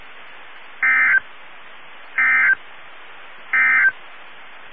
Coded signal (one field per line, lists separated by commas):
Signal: Emergency Alert System (SAME) tones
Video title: EAS 1728-1732 (4/27 & 4/28/22)